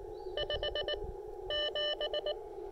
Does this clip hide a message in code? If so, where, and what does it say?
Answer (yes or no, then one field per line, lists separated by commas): yes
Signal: Morse code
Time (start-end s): 0.4-2.3 s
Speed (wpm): 18 wpm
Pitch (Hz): 600 Hz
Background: none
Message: 5 7